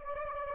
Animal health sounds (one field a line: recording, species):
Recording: mosquito wingbeat signal from an infrared sensor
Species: Anopheles arabiensis